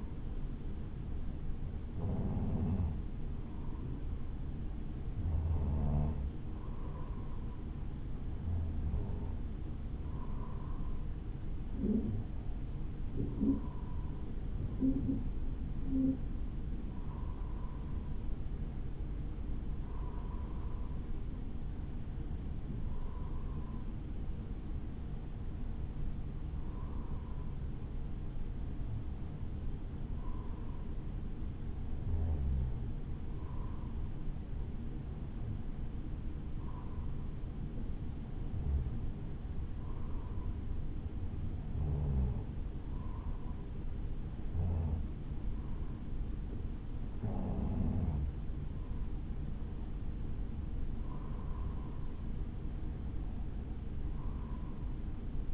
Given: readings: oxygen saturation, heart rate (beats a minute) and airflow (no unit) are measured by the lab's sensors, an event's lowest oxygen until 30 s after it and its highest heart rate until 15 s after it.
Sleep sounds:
breathing in sleep by a smartphone at the bedside; none
46.00-55.54 s: new sleep stage, N2 (light sleep)
From the record:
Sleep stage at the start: N1 (lightest sleep); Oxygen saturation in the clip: 94 to 95%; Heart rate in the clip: 53 to 61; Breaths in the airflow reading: 17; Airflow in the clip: -2.4 to 3.3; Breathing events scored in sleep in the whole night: 216 in 7.0 hours asleep

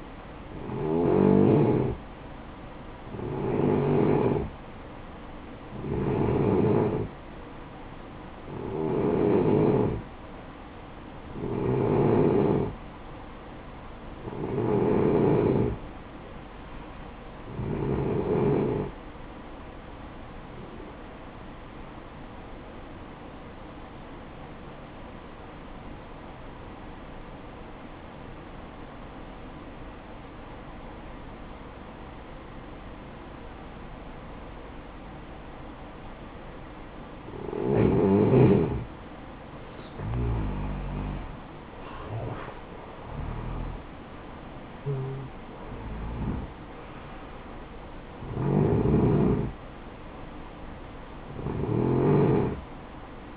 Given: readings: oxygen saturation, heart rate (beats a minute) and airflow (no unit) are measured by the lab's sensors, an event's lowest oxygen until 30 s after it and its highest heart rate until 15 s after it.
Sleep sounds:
breathing in sleep by a voice recorder at the bedside; 1
20.00-38.30 s: hypopnea (N2, oxygen 93% highest, then 88% lowest, heart rate 61 at the start, 72 highest)
36.00-53.37 s: new sleep stage, N1 (lightest sleep)
From the record:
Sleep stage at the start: N2 (light sleep); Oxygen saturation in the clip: 89 to 93%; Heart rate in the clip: 54 to 72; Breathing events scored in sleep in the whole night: 573 in 9.8 hours asleep

